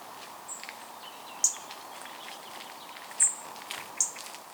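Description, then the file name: European robin calls: three crisp high tick notes over a rustling, hissy background. "Erithacus rubecula"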